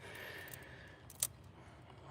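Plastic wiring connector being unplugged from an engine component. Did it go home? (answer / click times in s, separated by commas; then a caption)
released / 1.2 s. A plastic electrical wiring connector on the 3.6L Pentastar engine of a Dodge Caravan, being unplugged during an oil cooler and spark plug oil leak repair, has its locking tab pinched down and is pulled back gently. A sharp plastic click at 1.2 s stands out above quieter handling noise, and the connector lock comes loose, releasing the plug.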